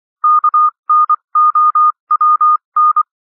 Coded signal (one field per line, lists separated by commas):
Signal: Morse code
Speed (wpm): 24 wpm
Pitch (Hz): 1220 Hz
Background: none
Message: KNOWN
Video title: Improve Your Morse Code 21-24 WPM - 24-24 WPM